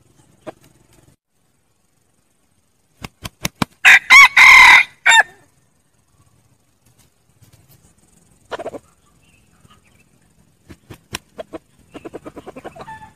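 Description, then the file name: Red junglefowl, several sharp claps leading into a loud rasping crow with a long held middle section, then soft clucks and a rapid chattering run. Wild rooster crowing to call hens. "tieng ga trong rung gay goi ga"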